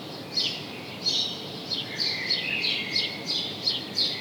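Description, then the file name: House sparrow chirping, bright short downward notes repeated several times, over a faint hiss with a drawn-out lower note in the middle. "Passer domesticus"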